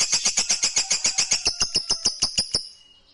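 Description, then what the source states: Lovebird chatter: a fast, even series of sharp, buzzy notes, then fading away. Fighter lovebird singing energetically (gacor).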